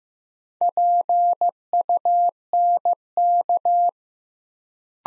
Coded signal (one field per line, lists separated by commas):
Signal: Morse code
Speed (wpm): 15 wpm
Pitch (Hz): 700 Hz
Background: none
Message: PUNK